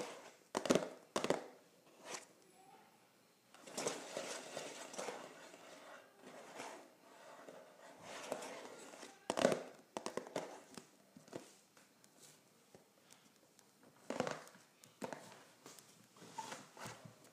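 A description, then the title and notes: Scratching and tapping on a cardboard box, with sharp taps near the start, around 9.5 seconds and near 14 seconds. Between them come bursts of rough, papery scratching, some long and some short, separated by brief quiet gaps. ASMR Scratching and Tapping a Cardboard Box.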